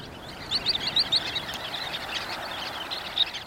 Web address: Birdnote. Sanderlings